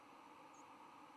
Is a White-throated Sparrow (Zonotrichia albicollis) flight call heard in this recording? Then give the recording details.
no. Another species' flight call is heard. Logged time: 09:32 on 10 November 2014